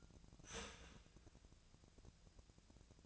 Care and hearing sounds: daily activity, microphone in the room; start toaster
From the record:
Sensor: 2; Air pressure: 1000.0 hPa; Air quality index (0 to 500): 147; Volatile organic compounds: 2 ppm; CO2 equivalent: 1246 ppm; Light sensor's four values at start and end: 26/65/28/30 and 26/65/28/30

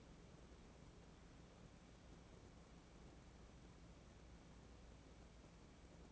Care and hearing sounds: daily activity, microphone in the room; wipe stove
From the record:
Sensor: 1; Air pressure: 1012.5 hPa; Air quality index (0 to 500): 145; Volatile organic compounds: 2 ppm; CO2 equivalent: 1196 ppm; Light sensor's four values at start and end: 4410/8586/4330/4476 and 4433/8630/4353/4500

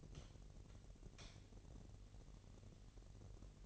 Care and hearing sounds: daily activity, microphone in the room; light on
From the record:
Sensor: 4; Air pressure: 1012.8 hPa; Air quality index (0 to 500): 247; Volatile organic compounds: 4 ppm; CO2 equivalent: 1648 ppm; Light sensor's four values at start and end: 14/32/13/13 and 16/41/16/17

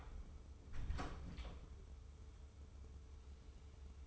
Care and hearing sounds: daily activity, microphone in the room; close door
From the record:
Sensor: 1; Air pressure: 1015.2 hPa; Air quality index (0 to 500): 141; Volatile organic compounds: 7 ppm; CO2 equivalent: 1949 ppm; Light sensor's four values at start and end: 14/32/14/15 and 14/33/14/15

